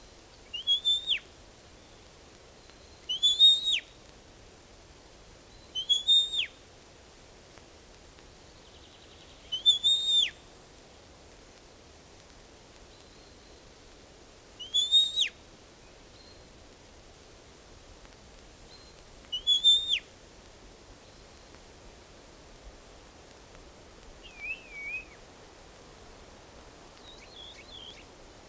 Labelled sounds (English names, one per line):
European Starling song